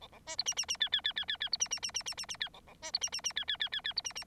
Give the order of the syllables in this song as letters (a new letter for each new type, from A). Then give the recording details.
A A B C D D D E E E E E E C D D D D D D D E A A B C D D D E E E E E C D D. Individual Bird9